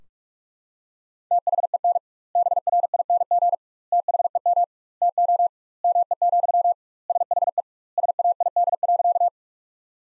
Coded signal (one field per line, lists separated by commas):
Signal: Morse code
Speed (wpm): 41 wpm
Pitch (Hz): 700 Hz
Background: none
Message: THEN BRING THEM TO ME, SHE SAID.